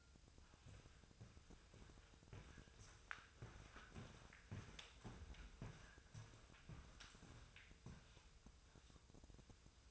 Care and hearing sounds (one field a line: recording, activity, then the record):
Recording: daily activity, microphone in the room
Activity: walk to room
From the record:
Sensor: 2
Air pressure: 999.3 hPa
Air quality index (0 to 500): 195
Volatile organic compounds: 27 ppm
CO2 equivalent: 2878 ppm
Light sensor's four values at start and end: 7/16/6/6 and 7/16/6/6